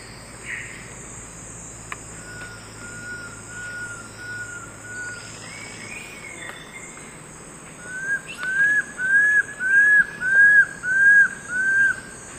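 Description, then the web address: Fasciated antshrike duet: soft even whistled notes, then a run of seven arched, slurred whistles at a steady pace, with a continuous high buzz behind. Duet recorded in the eastern lowlands of South America. "Natures Songs S America Eastern Lowlands. Cymbilaimus lineatus, duet"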